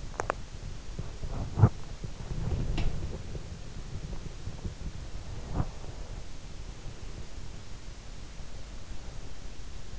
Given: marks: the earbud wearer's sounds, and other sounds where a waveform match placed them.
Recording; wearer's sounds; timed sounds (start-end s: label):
sounds in sleep by an in-ear microphone; teeth grinding, body movement
0.00-1.87 s: teeth grinding
2.09-6.28 s: body movement